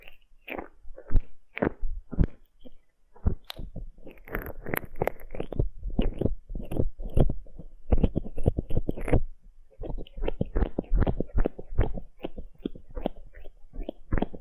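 Wet, squishy rubbing of aloe gel during an ear massage, made of quick strokes that come in uneven bursts with soft low thumps beneath. The sound thickens through the middle, pauses briefly near nine seconds, then resumes in faster, tighter strokes.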